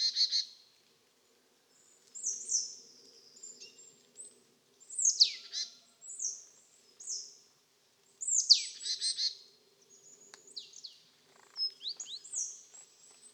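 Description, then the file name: Marsh Tit giving several sharp, descending, high notes, some followed by short buzzy trills, in irregular bursts with faint high twittering behind. "Poecile palustris"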